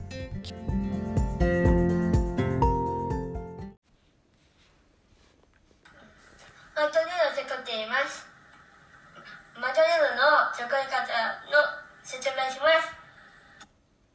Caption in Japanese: 置き換えで話している言葉があります。